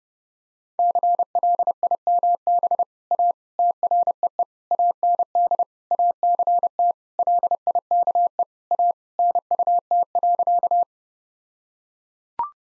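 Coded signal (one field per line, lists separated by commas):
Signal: Morse code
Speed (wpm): 30 wpm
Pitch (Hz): 700 Hz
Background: none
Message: CLIMB A TREE AND ACT LIKE A NUT.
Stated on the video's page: Morse practice set at 30 wpm.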